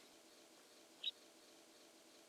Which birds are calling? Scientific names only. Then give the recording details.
Loxia curvirostra. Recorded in France